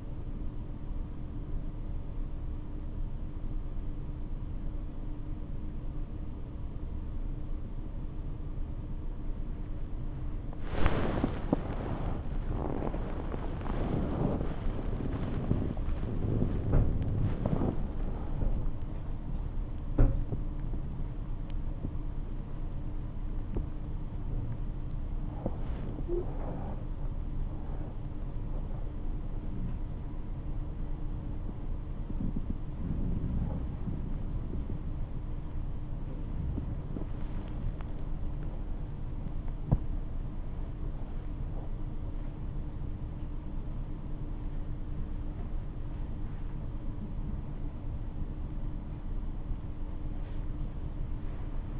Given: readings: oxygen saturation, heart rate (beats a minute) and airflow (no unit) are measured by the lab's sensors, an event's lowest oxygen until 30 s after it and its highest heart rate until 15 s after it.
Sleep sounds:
a person awake in a sleep study, by a smartphone at the bedside; none
0.00-51.80 s: awake
From the record:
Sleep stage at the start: awake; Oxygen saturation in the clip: 95 to 97%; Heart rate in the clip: 74 to 102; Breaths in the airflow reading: 12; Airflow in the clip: -8.3 to 9.5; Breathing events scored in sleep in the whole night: 228 in 5.4 hours asleep

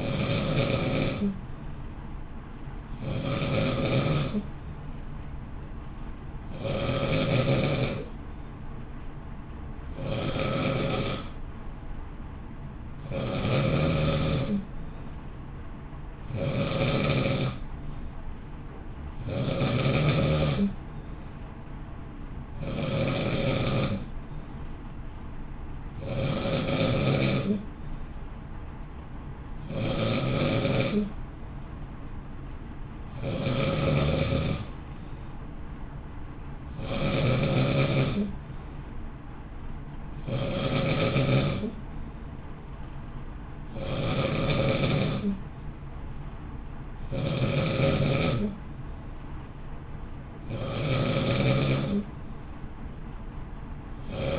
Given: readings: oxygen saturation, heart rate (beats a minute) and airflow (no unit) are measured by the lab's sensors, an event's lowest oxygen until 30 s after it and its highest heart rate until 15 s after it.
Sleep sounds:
breathing in sleep by a smartphone at the bedside; none
none scored
From the record:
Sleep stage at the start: N2 (light sleep); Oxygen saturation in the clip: 90 to 92%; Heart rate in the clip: 55 to 59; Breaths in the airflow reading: 19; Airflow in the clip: -0.6 to 0.7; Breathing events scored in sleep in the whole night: 328 in 6.3 hours asleep

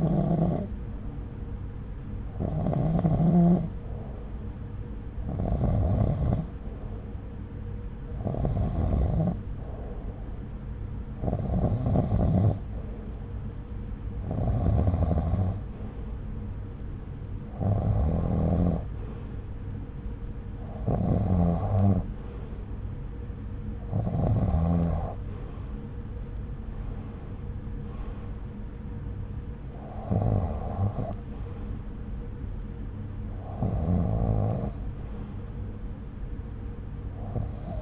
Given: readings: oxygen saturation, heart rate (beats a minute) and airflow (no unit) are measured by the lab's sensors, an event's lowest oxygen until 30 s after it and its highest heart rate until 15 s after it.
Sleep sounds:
breathing in sleep by a smartphone at the bedside; none
none scored
From the record:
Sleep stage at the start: REM sleep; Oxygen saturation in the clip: 90 to 92%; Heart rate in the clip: 67 to 76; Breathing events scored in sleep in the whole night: 303 in 8.1 hours asleep

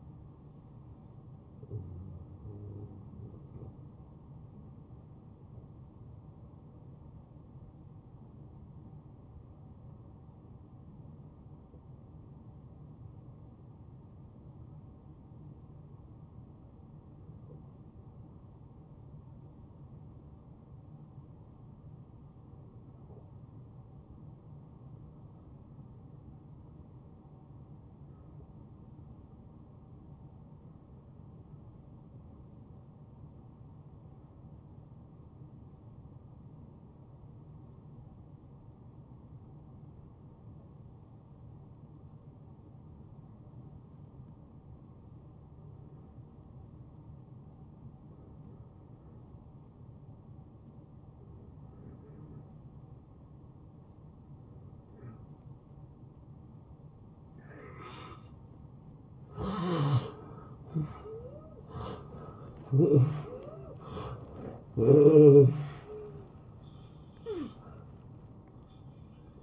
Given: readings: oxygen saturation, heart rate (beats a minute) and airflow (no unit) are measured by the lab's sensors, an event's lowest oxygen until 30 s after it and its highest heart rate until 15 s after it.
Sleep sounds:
breathing in sleep by a smartphone at the bedside; 1
1.00-31.00 s: new sleep stage, N1 (lightest sleep)
3.00-59.80 s: hypopnea (N1, oxygen 94% highest, then 74% lowest, heart rate 83 at the start, 90 highest)
31.00-61.00 s: new sleep stage, N2 (light sleep)
61.00-69.43 s: new sleep stage, N1 (lightest sleep)
From the record:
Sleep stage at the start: N2 (light sleep); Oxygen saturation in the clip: 77 to 94%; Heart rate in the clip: 70 to 87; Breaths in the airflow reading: 12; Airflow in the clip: -20.7 to 10.0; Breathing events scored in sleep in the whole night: 263 in 5.5 hours asleep

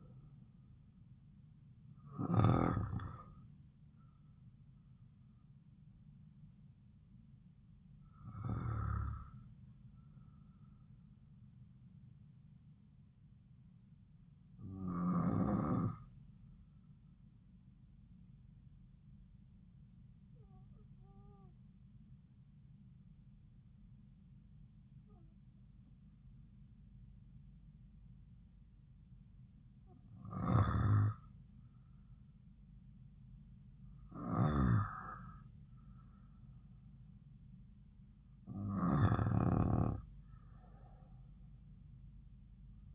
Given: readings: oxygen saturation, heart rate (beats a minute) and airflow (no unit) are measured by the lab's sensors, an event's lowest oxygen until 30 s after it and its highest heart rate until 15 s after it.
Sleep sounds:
breathing in sleep by a smartphone at the bedside; 1
16.00-34.80 s: hypopnea (N1, oxygen 96% highest, then 93% lowest)
25.00-42.94 s: new sleep stage, N2 (light sleep)
From the record:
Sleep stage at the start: N1 (lightest sleep); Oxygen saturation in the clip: 87 to 96%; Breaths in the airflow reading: 7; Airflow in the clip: -4.1 to 5.5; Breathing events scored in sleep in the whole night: 270 in 6.1 hours asleep

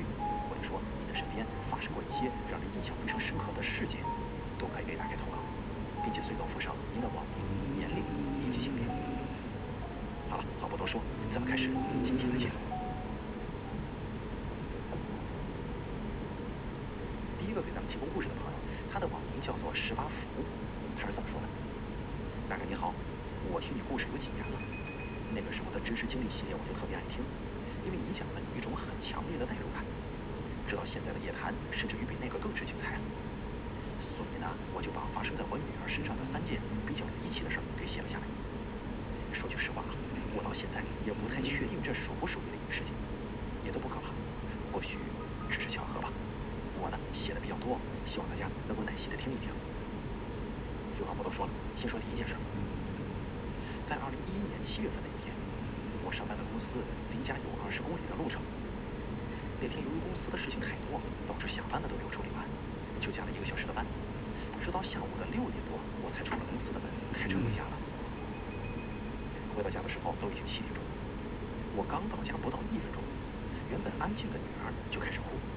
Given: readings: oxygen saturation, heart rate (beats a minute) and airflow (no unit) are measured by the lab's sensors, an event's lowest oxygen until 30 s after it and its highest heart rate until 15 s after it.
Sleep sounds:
breathing in sleep by a voice recorder at the bedside; none
16.00-75.56 s: new sleep stage, N2 (light sleep)
From the record:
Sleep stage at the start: N1 (lightest sleep); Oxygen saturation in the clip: 93 to 95%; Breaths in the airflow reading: 22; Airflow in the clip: -1.8 to 3.2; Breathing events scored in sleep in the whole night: 335 in 6.7 hours asleep

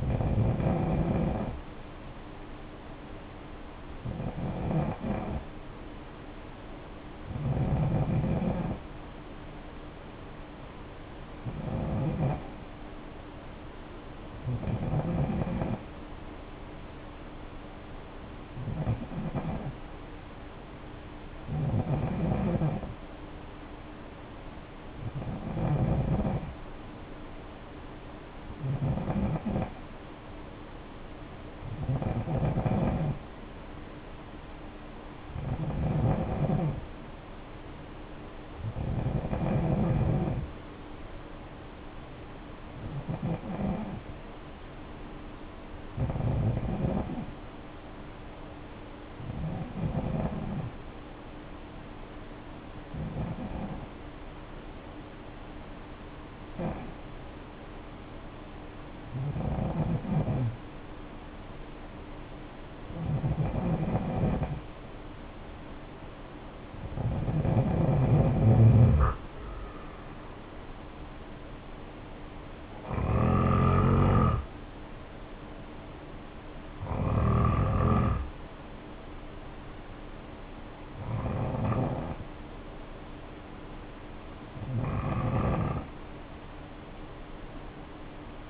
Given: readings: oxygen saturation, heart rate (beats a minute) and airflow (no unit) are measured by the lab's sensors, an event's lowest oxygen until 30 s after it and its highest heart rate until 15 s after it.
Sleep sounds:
breathing in sleep by a voice recorder at the bedside; 1
5.00-36.60 s: hypopnea (N2, oxygen 94% highest, then 92% lowest, heart rate 60 at the start, 60 highest)
78.00-88.50 s: new sleep stage, N3 (deep sleep)
From the record:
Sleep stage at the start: N2 (light sleep); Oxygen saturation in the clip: 88 to 94%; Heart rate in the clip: 53 to 64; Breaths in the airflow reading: 24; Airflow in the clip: -6.5 to 7.7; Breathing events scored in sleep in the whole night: 520 in 7.2 hours asleep

